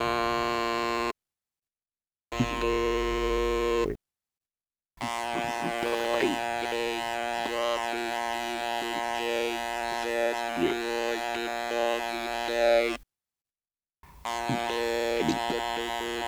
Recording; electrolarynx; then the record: speech with an electrolarynx; modified device, with random pitch perturbation and pitch set by sex and age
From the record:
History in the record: total laryngectomy